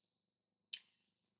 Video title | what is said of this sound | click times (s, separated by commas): 00104 Power Tools - Part 1 - 2023 | Callet forward and insert the bit once the Callet snaps back into place the bit is attached | 0.7 s